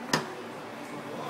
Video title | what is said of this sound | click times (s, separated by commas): How to install sticker in TSC TA200 barcode printer | ข้างแล้วก็มาวางเข้าล็อคด้านหลังด้านหลังนี้ี | 0.1 s